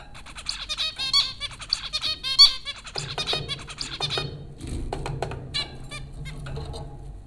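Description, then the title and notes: Zebra finch calls, dense strings of nasal trumpeting beeps for the first few seconds, then sparser notes over a low rumble. Zebra finches at Popcorn School, Flatbush, Brooklyn, New York, April 15, 2009. "Dronecast: The Popcorn Finches Four from Apr 15, 2009. Zebra finches recorded by Dan Bodah at Popcorn School, Flatbush, Brooklyn NY in April 2009"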